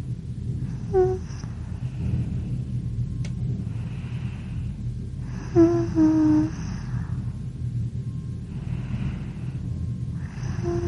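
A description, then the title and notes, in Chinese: A girl breathes in sleep, soft airy breaths every few seconds over a steady low rumble, with brief squeaky tones near one and six seconds. 女孩子睡着的呼吸声加长版。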